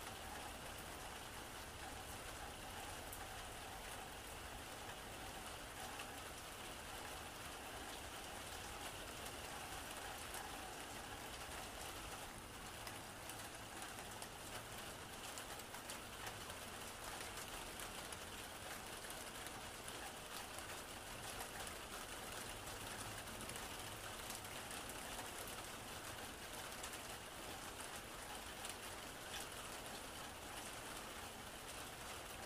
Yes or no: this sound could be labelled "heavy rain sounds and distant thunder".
yes